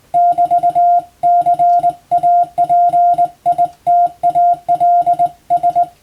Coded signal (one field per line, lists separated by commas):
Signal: Morse code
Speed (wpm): 20 wpm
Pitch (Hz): 700 Hz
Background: none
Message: <BT>CAPITALS